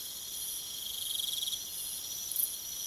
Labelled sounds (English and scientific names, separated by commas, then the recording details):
none
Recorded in pastures near Puerto Asís, Putumayo, Colombia, on 22 June 2025 at 23:00
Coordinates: 0.486, -76.323
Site H29